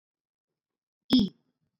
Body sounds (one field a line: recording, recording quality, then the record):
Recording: sustained vowel as in beet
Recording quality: excellent, no background noise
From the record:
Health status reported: recovered from COVID-19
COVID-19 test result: negative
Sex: female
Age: 33 years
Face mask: not worn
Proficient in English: yes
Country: India